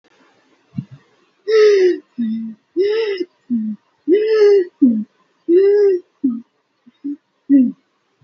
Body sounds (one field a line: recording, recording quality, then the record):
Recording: shallow breathing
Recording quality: excellent, no background noise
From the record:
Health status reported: healthy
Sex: female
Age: 28 years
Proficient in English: yes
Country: India